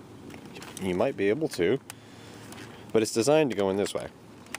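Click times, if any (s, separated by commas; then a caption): none. A plastic dart magazine is handled at a Nerf AlphaHawk toy foam-dart blaster, about to be inserted the way it is designed to go, while someone talks. Only faint handling ticks are heard around the speech, and nothing has seated or clicked yet.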